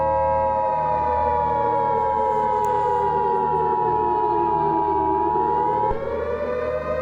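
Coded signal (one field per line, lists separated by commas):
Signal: Emergency Alert System (SAME) tones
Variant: 853 and 960 Hz attention tone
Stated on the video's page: Mock, fictional EAS scenario.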